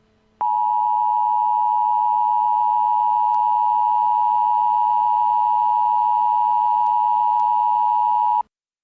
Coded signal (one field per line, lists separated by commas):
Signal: Emergency Alert System (SAME) tones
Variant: 853 and 960 Hz attention tone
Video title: EAS Scenario Preview: Zombie Hell